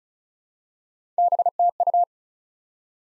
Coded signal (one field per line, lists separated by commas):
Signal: Morse code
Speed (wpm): 36 wpm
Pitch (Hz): 700 Hz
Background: none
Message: BTU